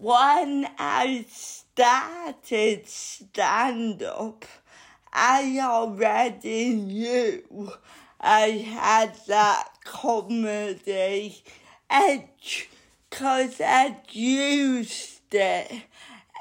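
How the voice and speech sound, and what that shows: An adult woman speaks slowly, with drawn-out, stretched sounds, creaky patches and frequent pauses: dysarthria from cerebral palsy she has had all her life.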